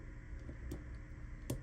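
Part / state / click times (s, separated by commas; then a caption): T6 Torx screw into folding knife handle thread / seated / 1.5 s. A small T6 Torx screw on a CJRB Crag folding knife handle is turned backwards (left) with a driver until its thread drops into the start of the thread in the metal handle. A soft tick comes at about 0.7 s, then a sharp click at 1.5 s as the thread seats, ready for tightening.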